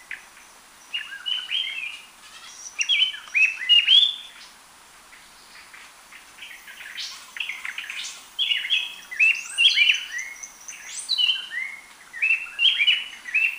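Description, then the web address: Gray-breasted wood-wren delivering tumbling, rich whistled phrases in several bursts. Lower subtropical zone, Ecuador. "Birds of Ecuador. Gray-breasted Wood-Wren"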